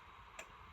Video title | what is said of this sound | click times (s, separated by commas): NEW HOME MODEL 552 - HOW TO OPERATE IT-WIND BOBBIN-THREAD IT (video 568) video list @ video # 505 | Click. When you hear the click, you know you got it right. | 0.4 s